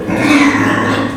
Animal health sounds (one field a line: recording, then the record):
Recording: squeal of a Yucatan mini pig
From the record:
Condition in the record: after surgery on the right vocal fold (resection and tissue-engineered implant)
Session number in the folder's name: 4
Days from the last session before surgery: 26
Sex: female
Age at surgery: 19 weeks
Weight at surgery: 25 kg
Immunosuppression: prednisolone